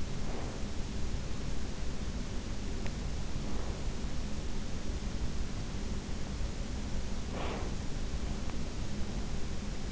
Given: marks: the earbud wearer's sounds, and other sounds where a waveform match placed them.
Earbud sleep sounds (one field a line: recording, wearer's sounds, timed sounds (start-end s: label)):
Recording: sounds in sleep by an in-ear microphone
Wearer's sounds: breath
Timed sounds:
0.00-0.58 s: breath
7.24-7.84 s: breath